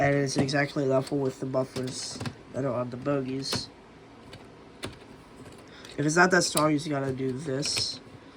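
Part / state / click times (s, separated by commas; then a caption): plastic brick train car coupler into the mating coupler of the adjacent car / not seated / none. Someone talks while handling the plastic coupler of a custom LEGO brick-built auto-rack car against the mating coupler of the next train car. Between the speech, soft handling taps are heard at about 4.3 and 5.9 seconds. Nothing has seated or clicked yet.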